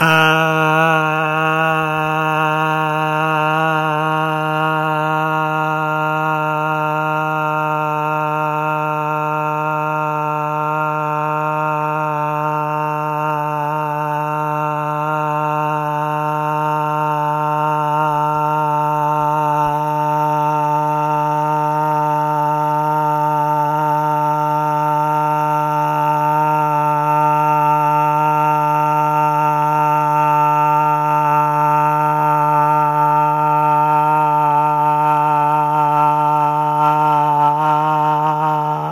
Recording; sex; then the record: sustained vowel /a/; male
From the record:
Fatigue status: no fatigue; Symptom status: asymptomatic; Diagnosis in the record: COVID-19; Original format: m4a